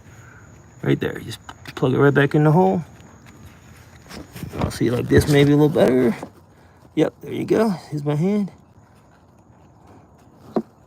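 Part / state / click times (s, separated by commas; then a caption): wiring connector into sensor socket on engine / seated / 10.6 s. Someone talks while an electrical wiring connector on the intake/throttle area of a 2011 Nissan Pathfinder engine is plugged back into its sensor socket by hand and pushed down. A short, sharp click is heard at 10.6 s as the connector latches and seats.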